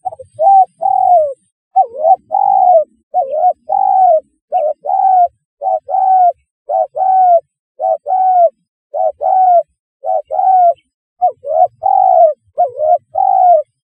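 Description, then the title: Spotted dove cooing: a steady run of short, mellow cooing notes in close groups throughout, with no other clear sounds. "Tekukur"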